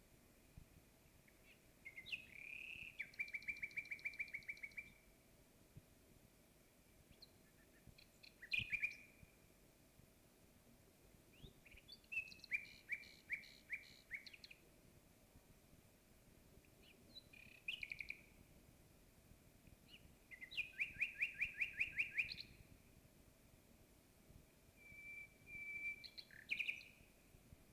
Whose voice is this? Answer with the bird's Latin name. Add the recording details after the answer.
Luscinia megarhynchos. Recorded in the wild. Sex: male. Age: adult. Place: Bielefeld-Heepen, Nordrhein-Westfalen, DE. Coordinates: 52.03, 8.58861. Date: 1965-05-09. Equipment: Uher 4000 Report-S, Bändchenmikro Beyer M 260, Parabolspiegel Polyester (470 mm). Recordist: Conrads, Klaus. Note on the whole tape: Meyer zu Heepen. Gesang